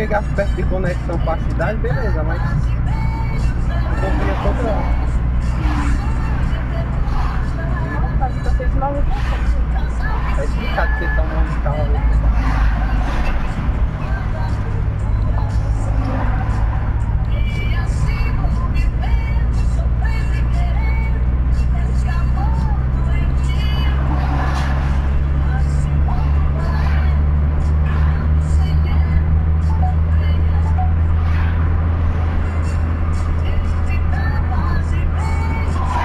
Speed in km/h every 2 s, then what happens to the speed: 53, 52, 54, 55, 54, 49, 47, 45, 48, 50, 54, 61, 62, 67, 73, 75, 74, 72.
0-6 steady at about 53. 6-14 slows to 45. 14-29 speeds up to 75. 29-36 steady at about 74.